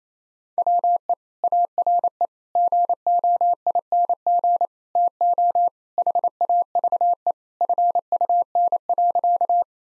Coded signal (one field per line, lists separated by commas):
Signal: Morse code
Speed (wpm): 28 wpm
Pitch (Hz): 700 Hz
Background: none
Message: WE ARE GOING TO HAVE FUN.